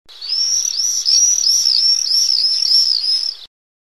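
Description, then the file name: Common swift giving one continuous shrill scream, a fast chain of rising-and-falling buzzy notes lasting about three and a half seconds. A pair of swifts. "glosy pary jerzykow"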